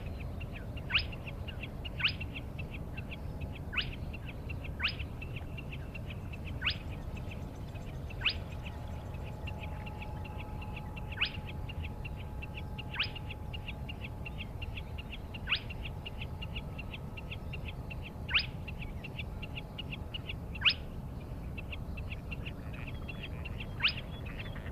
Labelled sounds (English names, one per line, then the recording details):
Spotted Crake
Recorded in the wild
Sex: male
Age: adult
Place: Schwedt/Oder, Nationalpark Unteres Odertal, Brandenburg, DE
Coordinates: 53.1044, 14.3492
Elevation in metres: 1
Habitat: wetland
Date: 2015-04-23 04:45
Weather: clear, 4°C, almost windless
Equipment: Sound Devices 702, Sennheiser MKH 70, Rycote Windschutz
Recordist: Frommolt, Karl-Heinz